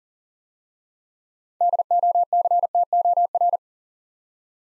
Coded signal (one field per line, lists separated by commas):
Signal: Morse code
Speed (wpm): 40 wpm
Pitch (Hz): 700 Hz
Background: none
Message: DOCTOR